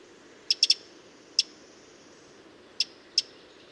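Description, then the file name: Eurasian wren call notes, a quick triple tick, then a few single sharp clicks, over soft background noise. "Troglodytes troglodytes"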